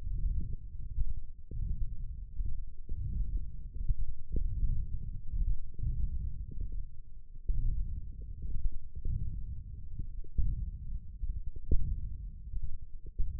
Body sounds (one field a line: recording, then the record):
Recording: forearm muscle sounds (acoustic myography)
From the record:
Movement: wrist extension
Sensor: system 1, eight BSWA MPA416 microphones around the upper forearm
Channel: 1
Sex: male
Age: 21 years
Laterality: right